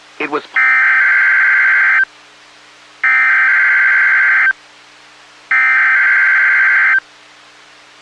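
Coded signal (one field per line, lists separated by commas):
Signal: Emergency Alert System (SAME) tones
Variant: header bursts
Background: speech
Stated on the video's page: Statewide tornado drill, recorded on a phone, cut off at the end.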